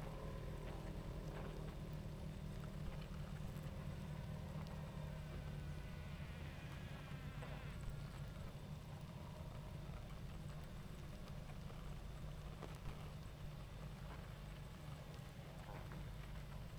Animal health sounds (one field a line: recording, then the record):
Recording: honeybee colony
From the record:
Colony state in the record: active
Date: 28 July 2017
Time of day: 20:37